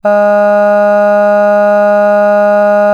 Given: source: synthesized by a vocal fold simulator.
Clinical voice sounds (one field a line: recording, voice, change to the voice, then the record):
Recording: sustained vowel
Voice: female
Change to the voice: none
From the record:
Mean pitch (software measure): 206 Hz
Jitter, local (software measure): 0.18%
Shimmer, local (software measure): 1.4%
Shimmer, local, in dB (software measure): 0.12 dB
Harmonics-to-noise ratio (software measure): 31.4 dB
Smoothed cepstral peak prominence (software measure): 19.0 dB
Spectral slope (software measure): -21.9 dB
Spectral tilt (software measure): -8.6 dB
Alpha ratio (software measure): -12.4 dB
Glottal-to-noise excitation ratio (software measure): 0.974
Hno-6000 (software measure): 2.4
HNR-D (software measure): 39.9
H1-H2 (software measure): 9.5 dB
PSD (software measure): 1.4e-05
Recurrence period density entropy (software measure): 0.137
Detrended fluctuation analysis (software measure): 0.0274